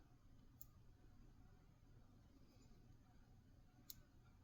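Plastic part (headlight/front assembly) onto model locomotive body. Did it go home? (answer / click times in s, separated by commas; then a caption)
partly / 0.6 s, 3.9 s. A plastic headlight/front assembly is pushed onto the body of a Bachmann On30 Shay model locomotive during a headlight upgrade, over a steady low background hum. Two small, sharp snaps are heard at 0.6 s and 3.9 s. The part is only partly seated and still needs more pressing to be fully home.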